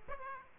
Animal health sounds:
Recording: mosquito wingbeat signal from an infrared sensor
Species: Aedes aegypti

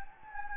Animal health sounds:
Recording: mosquito wingbeat signal from an infrared sensor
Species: Anopheles gambiae

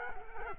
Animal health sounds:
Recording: mosquito wingbeat signal from an infrared sensor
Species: Culex quinquefasciatus

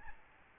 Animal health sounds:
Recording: mosquito wingbeat signal from an infrared sensor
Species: Aedes albopictus

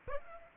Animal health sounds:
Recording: mosquito wingbeat signal from an infrared sensor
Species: Aedes aegypti

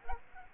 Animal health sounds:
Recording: mosquito wingbeat signal from an infrared sensor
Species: Aedes aegypti

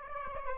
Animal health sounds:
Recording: mosquito wingbeat signal from an infrared sensor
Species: Aedes aegypti

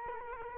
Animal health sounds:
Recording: mosquito wingbeat signal from an infrared sensor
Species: Culex quinquefasciatus

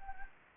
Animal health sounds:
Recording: mosquito wingbeat signal from an infrared sensor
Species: Anopheles gambiae

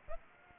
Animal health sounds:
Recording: mosquito wingbeat signal from an infrared sensor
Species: Aedes aegypti

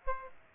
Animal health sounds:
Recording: mosquito wingbeat signal from an infrared sensor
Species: Aedes aegypti

